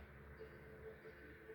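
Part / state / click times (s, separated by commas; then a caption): connector going onto a car fuel pump module / not seated / none. During a fuel pump swap on a small Aveo car, a connector, possibly a plastic quick-connect fuel line or plug, is handled and pressed gently toward the fuel pump module. Only a steady low hum and faint background noise are heard, with no sharp sounds. Nothing has seated or clicked yet.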